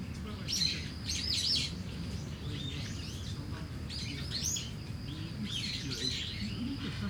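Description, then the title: Starling giving rapid chattery, squeaky phrases in several bursts, with a murmur of traffic underneath. Singing in a tree in Kiyosumi garden, Tokyo, Japan; traffic audible; binaural recording. "Kiyosumi garden, Tokyo, Japon - Starling in a tree"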